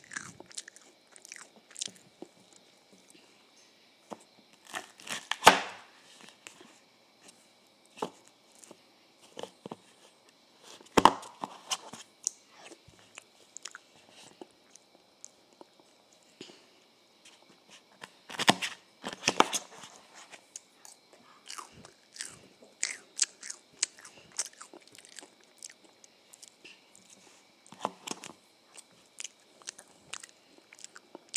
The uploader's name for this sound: Eating Ice Cream and Waffles